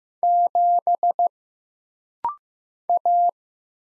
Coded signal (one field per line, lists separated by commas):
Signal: Morse code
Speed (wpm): 15 wpm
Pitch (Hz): 700 Hz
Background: none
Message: 7 A